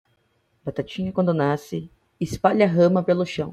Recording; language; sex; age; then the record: short text; Brazilian Portuguese; male; 30 to 39 years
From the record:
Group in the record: control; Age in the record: 30 years